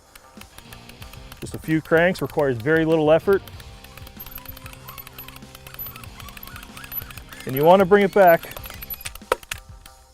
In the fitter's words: all the way to hear the double click at this point you take your safety off